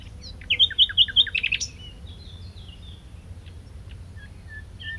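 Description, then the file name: Common nightingale singing a fast phrase of sharp, ringing notes that stops abruptly, followed by soft scattered notes. "Luscinia megarhynchos"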